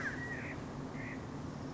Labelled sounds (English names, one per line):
California Quail